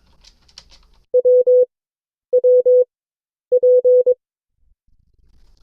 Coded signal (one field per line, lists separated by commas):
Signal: Morse code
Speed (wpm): 22 wpm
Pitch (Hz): 500 Hz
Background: none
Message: W W P